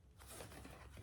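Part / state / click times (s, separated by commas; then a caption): snap fastener on a fabric clutch wallet / not seated / none. A fabric clutch wallet is folded up and its snap fastener is pressed to close it, giving a continuous soft rustling and crinkling of fabric over a low steady hum. No distinct click is heard; the snap has not engaged and the wallet has not closed yet.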